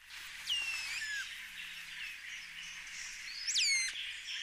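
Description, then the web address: Black saw-wing calls: two short, sharp downslurred chirps, one early and one near the end, over a steady background hiss. "sound Black-saw-wing. صدای-پرنده-اره-بال-سیاه"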